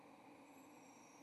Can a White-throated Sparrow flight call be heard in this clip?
no